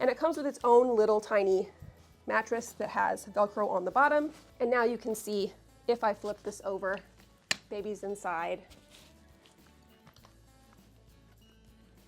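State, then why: Not seated. Someone talks while handling a travel bassinet with its own small Velcro-bottomed mattress, flipping it over to go onto its rocking base frame. After the talking stops, faint handling taps come around 9.5 to 10.7 seconds. The bassinet has not clicked into place on the frame yet.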